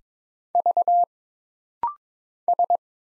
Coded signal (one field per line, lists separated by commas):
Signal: Morse code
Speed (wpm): 22 wpm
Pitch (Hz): 700 Hz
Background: none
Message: V S